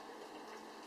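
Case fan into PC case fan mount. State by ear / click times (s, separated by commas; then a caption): not seated / none. A case fan is being handled and pressed toward its mount in a small ITX cube case, with steady broadband noise and no distinct snap or click. Nothing has seated or clicked yet.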